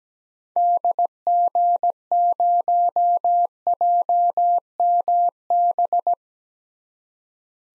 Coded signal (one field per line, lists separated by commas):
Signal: Morse code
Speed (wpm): 17 wpm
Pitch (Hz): 700 Hz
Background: none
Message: DG0JMB